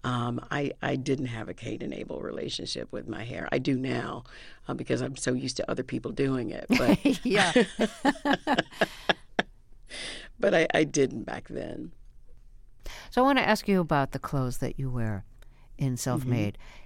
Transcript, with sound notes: I didn't have a Cain and Abel relationship with my hair. I do now because I'm so used to other people doing it. But...
(Laughter) Yeah.
(LAUGHTER)
But I didn't back then.
So I want to ask you about the clothes that you wear in "Self Made."